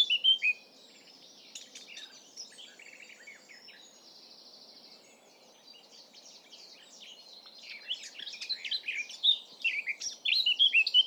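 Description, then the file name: Eurasian blackcap song: a brief phrase at the start, several seconds of near quiet, then a hurried warble building to loud, clear whistled notes. "Sylvia atricapilla"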